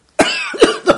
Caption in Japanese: ちょっと病み上がりでまだちょっと咳が出る、時々咳が出ちゃう。 インフルエンザじゃないです、風邪です。 咳と痰がちょっと出ちゃう。